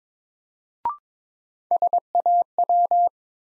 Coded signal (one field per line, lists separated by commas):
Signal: Morse code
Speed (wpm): 22 wpm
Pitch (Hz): 700 Hz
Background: none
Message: SAW